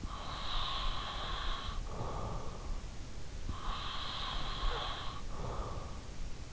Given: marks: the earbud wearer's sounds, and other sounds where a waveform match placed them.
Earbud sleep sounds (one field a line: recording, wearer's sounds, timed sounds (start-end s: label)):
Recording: sounds in sleep by an in-ear microphone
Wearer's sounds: breath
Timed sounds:
0.27-2.73 s: breath
3.47-6.10 s: breath